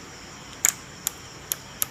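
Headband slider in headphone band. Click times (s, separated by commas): 0.6 s, 1.1 s, 1.5 s, 1.8 s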